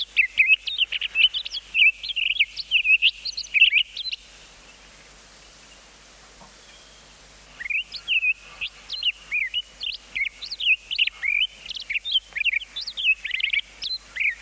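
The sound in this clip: Townsend's solitaire singing a long, rapid, high warbling song of varied whistled notes for about four seconds, a quiet pause, then the tumbling song resumes and runs to the end.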